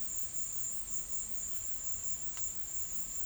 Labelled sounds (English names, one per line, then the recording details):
none
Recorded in pastures near Puerto Asís, Putumayo, Colombia, on 12 March 2025 at 17:00
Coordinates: 0.505, -76.324
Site GP08